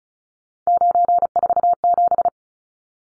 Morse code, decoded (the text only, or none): 947